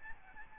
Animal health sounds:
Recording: mosquito wingbeat signal from an infrared sensor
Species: Aedes albopictus

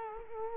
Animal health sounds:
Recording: mosquito wingbeat signal from an infrared sensor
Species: Culex quinquefasciatus

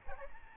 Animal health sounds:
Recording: mosquito wingbeat signal from an infrared sensor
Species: Aedes albopictus

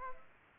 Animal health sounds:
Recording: mosquito wingbeat signal from an infrared sensor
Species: Aedes aegypti

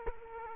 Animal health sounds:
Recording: mosquito wingbeat signal from an infrared sensor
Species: Culex quinquefasciatus

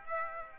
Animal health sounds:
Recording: mosquito wingbeat signal from an infrared sensor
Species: Aedes aegypti

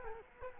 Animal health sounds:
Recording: mosquito wingbeat signal from an infrared sensor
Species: Culex quinquefasciatus

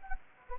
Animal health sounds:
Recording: mosquito wingbeat signal from an infrared sensor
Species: Anopheles gambiae

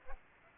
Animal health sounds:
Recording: mosquito wingbeat signal from an infrared sensor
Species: Aedes aegypti

